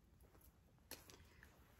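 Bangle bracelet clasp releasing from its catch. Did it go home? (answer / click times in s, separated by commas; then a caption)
released / 0.9 s. A scratched, gold-tone metal hinged Henry Bendel bangle with a screw head has its push-button release pressed, and the clasp pops open from its catch with a short, sharp click at 0.9 s. Two fainter ticks follow at about 1.1 s and 1.4 s as it is pulled open, over a low background hum, leaving the bangle released.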